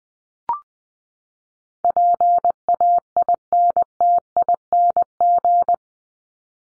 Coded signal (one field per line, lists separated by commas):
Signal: Morse code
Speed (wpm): 20 wpm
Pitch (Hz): 700 Hz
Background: none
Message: PAINTING